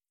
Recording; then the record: hydrophone in a shrimp aquaculture tank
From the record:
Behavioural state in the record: feeding